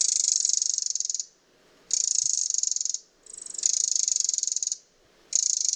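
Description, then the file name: Eurasian wren with loud, high, buzzing rattles, each over a second long, repeated after brief pauses. "Troglodytes troglodytes"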